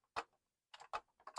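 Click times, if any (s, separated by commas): none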